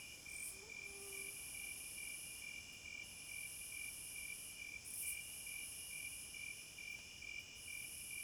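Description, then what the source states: Cricket chorus of continuous high trilling and pulsing chirps. Forest at night.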